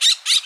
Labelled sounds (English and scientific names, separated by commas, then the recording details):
Brown-throated Parakeet (Eupsittula pertinax) contact call
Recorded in Bonaire
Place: just S of turnoff to Cai, near Lac Bay
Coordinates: 12.126, -68.239